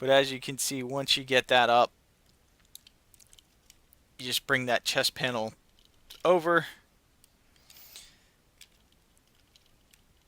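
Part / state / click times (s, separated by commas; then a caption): chest panel onto the torso of a transforming robot figure / not seated / none. Someone talks while the plastic chest panel of a DX9 D-05 Chigurh transforming robot figure is swung over and lined up against its torso. Only faint handling ticks and light plastic contact sounds are heard between the talking. The panel has not clicked into place yet.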